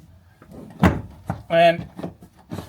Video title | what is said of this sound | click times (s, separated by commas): Sprinter Headliner Removal - Don't miss This Step | you can hear that it snapped into place. | 0.8 s, 1.3 s